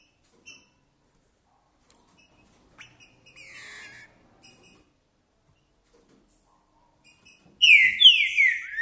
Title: Piando, Cantando E Macheando Na DISPUTA. PERDI MEU BOI! Trinca Ferro CANTANDO e MACHEANDO!